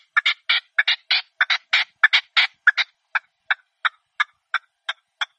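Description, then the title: Partridge calling in a rapid chuffing series of rasping doubled notes, then thinning to single clipped notes spaced about every third of a second. Partridge call used as a hunting lure. "Canto de Perdiz"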